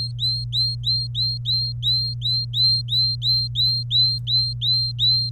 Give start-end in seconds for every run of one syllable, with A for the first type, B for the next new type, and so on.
0.00-5.30 A